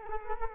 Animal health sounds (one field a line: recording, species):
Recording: mosquito wingbeat signal from an infrared sensor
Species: Culex quinquefasciatus